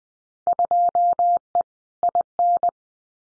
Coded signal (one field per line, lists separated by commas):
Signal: Morse code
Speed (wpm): 20 wpm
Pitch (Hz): 700 Hz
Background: none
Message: 2E IN